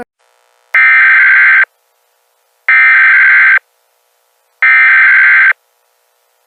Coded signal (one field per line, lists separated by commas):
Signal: Emergency Alert System (SAME) tones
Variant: header bursts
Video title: EAS Mock: Garfield Cloud (VAILD EAS TONES)